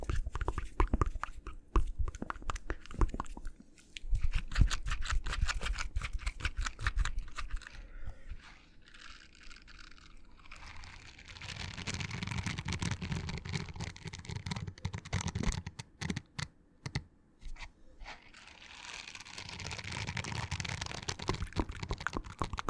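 Mouth sounds: rapid wet clicks and pops crowd the first eight seconds, then thin out into a quieter stretch. From about eleven seconds, softer, fuller smacking and swishing builds, breaks briefly near seventeen seconds, and returns steadily through the end.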